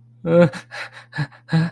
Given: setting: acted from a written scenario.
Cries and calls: vocal sound without words; distress

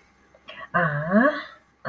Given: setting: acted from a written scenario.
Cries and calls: vocal sound without words; confusion

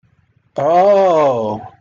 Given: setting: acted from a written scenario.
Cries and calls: vocal sound without words; realization

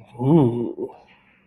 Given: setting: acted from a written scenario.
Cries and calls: vocal sound without words; desire

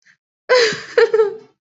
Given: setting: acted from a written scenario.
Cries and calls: vocal sound without words; romantic love

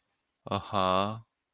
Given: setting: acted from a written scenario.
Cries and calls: vocal sound without words; neutral

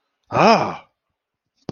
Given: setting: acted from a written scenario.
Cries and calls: vocal sound without words; negative surprise

